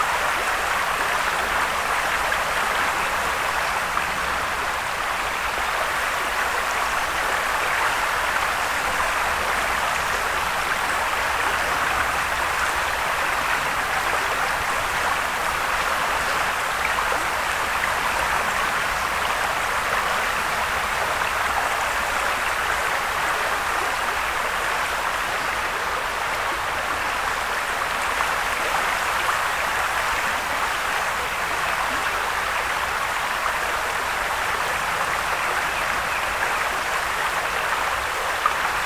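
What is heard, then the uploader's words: A creek flows steadily past close by, a dense, unbroken rush of water with a bright hiss centered in the upper middle range. The level holds even for the whole stretch, with only faint low rumble underneath and no distinct splashes or other sounds. Feel the cold creek water flow past you as you stand on its shores with its constant lulling trickle.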